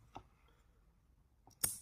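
The other side of a plastic steering wheel button module on a Mercedes W213 is pressed into its housing on the steering wheel during a button repair. A faint tick comes at 0.2 s and another at 1.5 s, then a sharp, bright click at 1.6 s as the clip engages. The second side is seated, and the module is installed.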